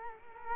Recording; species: mosquito wingbeat signal from an infrared sensor; Culex quinquefasciatus